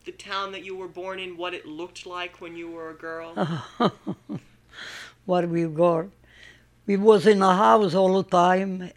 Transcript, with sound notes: town that you were born in, what it looked like when you were a girl?
( she laughs ) When I was givel. We was in the house all the time.